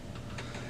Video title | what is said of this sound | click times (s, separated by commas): HP Officejet Pro 8720 - Onyx Imaging - Tulsa Printer Repair - How To Check Ink Levels & Replace Ink | you're just going to take your finger and press inward on the ink cartridge, and it'll kind of pop itself back out, | 0.4 s